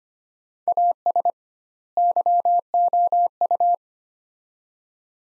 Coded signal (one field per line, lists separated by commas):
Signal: Morse code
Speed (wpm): 25 wpm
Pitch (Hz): 700 Hz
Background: none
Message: AS YOU